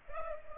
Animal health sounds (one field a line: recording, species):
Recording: mosquito wingbeat signal from an infrared sensor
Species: Culex pipiens